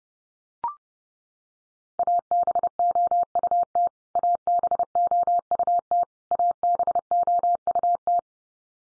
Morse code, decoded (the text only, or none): ABOUT ABOUT ABOUT